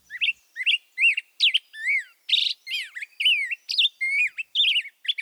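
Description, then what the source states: Black-headed Grosbeak song: a fast, rollicking run of varied whistled notes, some slurred and swooping, tumbling along almost without pause for five seconds. Male singing an up-tempo, rollicking song with slurred notes and a syncopated feel, likened to a drunken or scat-singing robin; heard in summer in streamside woods; may come from southern Mexico.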